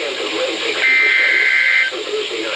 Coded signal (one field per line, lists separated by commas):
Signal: Emergency Alert System (SAME) tones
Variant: header bursts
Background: speech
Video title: NOAA - 2 SVRs (EAS #971 - 972))